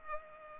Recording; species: mosquito wingbeat signal from an infrared sensor; Culex pipiens